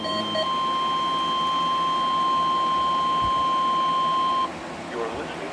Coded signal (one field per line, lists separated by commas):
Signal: Emergency Alert System (SAME) tones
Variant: 1050 Hz attention tone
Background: speech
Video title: Required Weekly Test (6/5/19) (EAS #259)